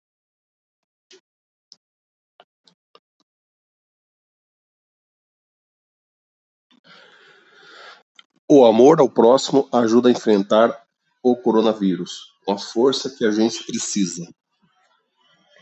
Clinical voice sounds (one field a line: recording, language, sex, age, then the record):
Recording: spoken sentence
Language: Brazilian Portuguese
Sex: male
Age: 50 to 59 years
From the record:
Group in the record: control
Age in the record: 55 years